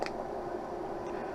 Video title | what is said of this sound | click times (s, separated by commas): Hightowers Versace 4275 with Transitions XTRAactive and Crizal Sapphire | push down at the nose it snaps right in | 0.1 s